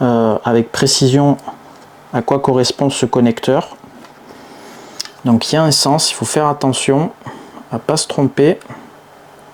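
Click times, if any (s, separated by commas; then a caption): none. Someone talks while handling a keyed cable connector at a circuit board socket, where it must go in the correct way round, with a couple of brief sharp handling sounds near 5.0 s. Nothing has seated or clicked yet: the clip ends before the connector goes home.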